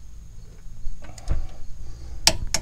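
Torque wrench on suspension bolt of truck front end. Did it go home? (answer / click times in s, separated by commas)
yes / 2.3 s, 2.5 s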